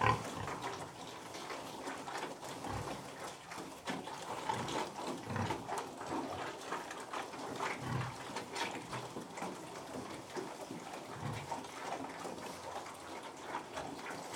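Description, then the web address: Pig eating noisily, with continuous wet chewing and slurping. Domestic pig feeding, recorded at close perspective. "BBC Sound Effects Library Livestock Close Perspective Of Pig Feeding"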